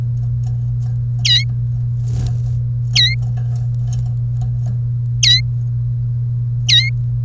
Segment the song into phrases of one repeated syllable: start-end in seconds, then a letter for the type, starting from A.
1.25-1.44 A, 2.95-3.15 A, 5.23-5.41 A, 6.68-6.89 A